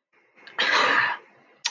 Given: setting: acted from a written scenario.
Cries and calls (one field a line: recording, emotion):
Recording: vocal sound without words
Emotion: anger